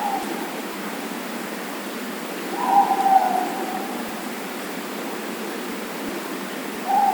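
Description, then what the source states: Morepork calls, the end of a hoot at the start, a hoot near the middle and another starting at the end, set against constant hissing background noise resembling running water. Four moreporks calling.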